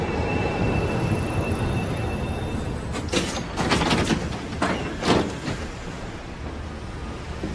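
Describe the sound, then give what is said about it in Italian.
An old Milan tram rumbles along steadily, its wheels letting out high metallic squeals and a few sharp screeching bursts over a constant low mechanical rumble, with no voices. “E per fortuna i tram di Milano sono belli, molto belli, specialmente quelli vecchi.”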